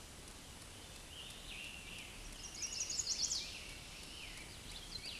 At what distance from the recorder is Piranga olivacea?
about 70 m